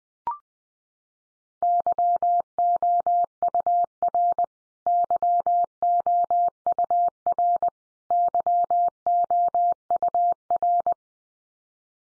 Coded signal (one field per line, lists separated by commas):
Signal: Morse code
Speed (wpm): 20 wpm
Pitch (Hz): 700 Hz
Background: none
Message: YOUR YOUR YOUR